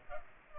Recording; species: mosquito wingbeat signal from an infrared sensor; Culex pipiens